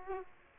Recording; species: mosquito wingbeat signal from an infrared sensor; Aedes aegypti